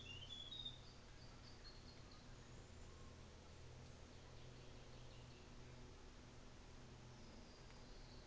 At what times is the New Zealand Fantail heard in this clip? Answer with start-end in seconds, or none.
0.00-0.66, 1.95-3.30